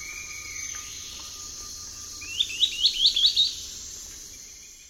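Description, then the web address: Wedge-billed Woodcreeper giving a quick series of about six high notes near the middle, over a steady buzz of insects. South American eastern lowlands. "Natures Songs S America Eastern Lowlands. Wedge-billed Woodcreeper"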